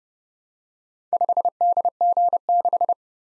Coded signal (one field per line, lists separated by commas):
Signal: Morse code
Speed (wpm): 30 wpm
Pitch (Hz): 700 Hz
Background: none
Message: 5DG6